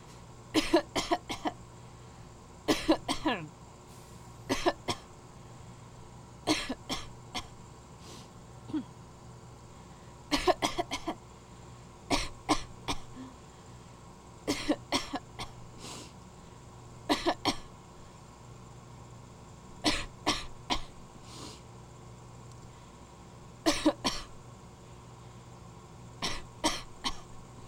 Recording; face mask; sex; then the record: voluntary coughing; surgical mask; female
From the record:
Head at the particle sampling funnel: tilted down, bridge of the nose in front of it